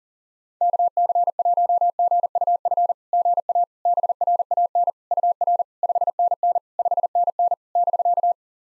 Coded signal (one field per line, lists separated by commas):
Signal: Morse code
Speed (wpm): 40 wpm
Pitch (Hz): 700 Hz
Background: none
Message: KC1GUF GA BRAN UR 5NN 5NN <BK>